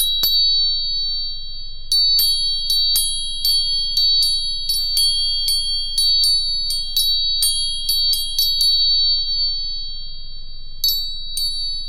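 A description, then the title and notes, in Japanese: Tuning forks are struck over and over, each sharp metallic tap followed by a bright, pure ringing tone that hangs steadily, with several pitches sounding together. Strikes come in irregular quick bursts, pause near the middle, then resume near the end, over a low steady hum. 音叉チューニング3本。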